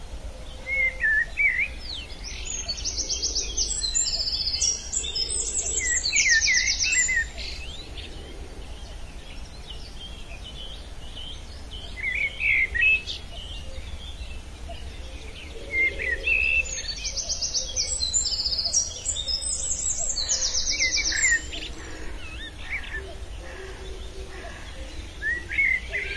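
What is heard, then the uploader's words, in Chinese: Birdsong rings out over a mountain hillside, with bright, busy bursts of chirping and trilling in the first seven seconds, again around sixteen to twenty-one seconds, and starting up near the end. Between bursts, scattered calls continue over a low, steady rush of wind. 山里的风动和鸟鸣声。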